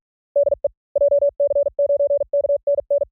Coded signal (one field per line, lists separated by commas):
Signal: Morse code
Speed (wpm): 44 wpm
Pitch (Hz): 570 Hz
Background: none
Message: DE JC9KNN